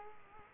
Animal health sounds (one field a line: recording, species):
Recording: mosquito wingbeat signal from an infrared sensor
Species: Culex quinquefasciatus